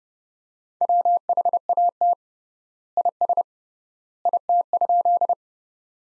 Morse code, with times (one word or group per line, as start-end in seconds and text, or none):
0.8-2.1 WHAT
3.0-3.4 IS
4.3-5.3 IT?